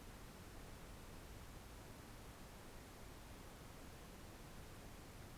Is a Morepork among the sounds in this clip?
no